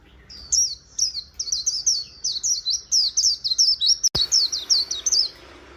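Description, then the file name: White-eye delivering a continuous, hurried warble of high down-slurred notes, interrupted once by a sharp click. "Zosterops"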